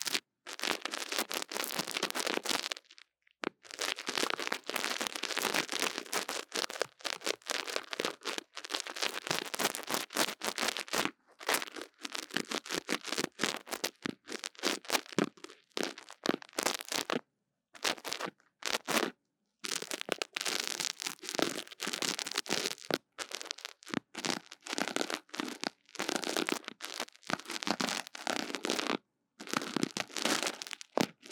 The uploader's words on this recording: 刺痛觸發迷你麥克風. Tingles With Mini Mic Tapping & Scratching. NO Talking.